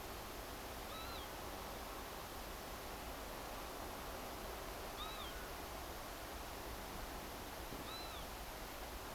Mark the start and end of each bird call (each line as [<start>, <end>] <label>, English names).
[0.89, 1.24] Northern Lapwing
[4.97, 5.30] Northern Lapwing
[7.87, 8.23] Northern Lapwing